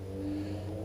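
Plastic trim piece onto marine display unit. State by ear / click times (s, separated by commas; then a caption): not seated / none. With the screen cover removed, plastic trim pieces are handled onto the top and bottom of a GPSMAP 7608XSV marine GPS/sonar display unit. Only a steady low hum with tonal bands is heard throughout. Nothing has seated or clicked yet.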